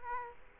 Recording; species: mosquito wingbeat signal from an infrared sensor; Culex quinquefasciatus